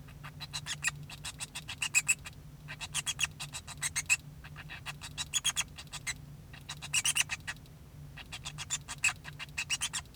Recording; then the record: song of a male Bengalese finch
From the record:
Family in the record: son of father 2